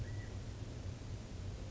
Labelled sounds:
California Quail
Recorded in Sonoma County, California

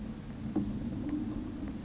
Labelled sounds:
Chestnut-backed Chickadee
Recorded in Sonoma County, California

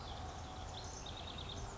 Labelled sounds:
House Wren
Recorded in Sonoma County, California

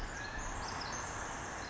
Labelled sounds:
Pacific Wren
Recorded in Sonoma County, California

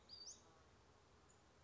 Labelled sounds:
Western Flycatcher
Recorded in Sonoma County, California

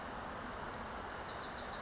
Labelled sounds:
Wilson's Warbler
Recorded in Sonoma County, California

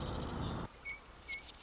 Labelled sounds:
Marsh Wren
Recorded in Sonoma County, California

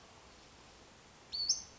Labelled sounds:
Western Flycatcher
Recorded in Sonoma County, California

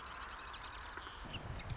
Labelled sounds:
Marsh Wren
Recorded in Sonoma County, California

